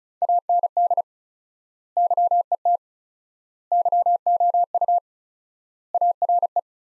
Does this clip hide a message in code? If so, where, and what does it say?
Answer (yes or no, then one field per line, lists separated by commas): yes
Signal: Morse code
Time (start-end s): 0.2-6.6 s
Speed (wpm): 35 wpm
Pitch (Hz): 700 Hz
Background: none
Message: AND YET YOU ARE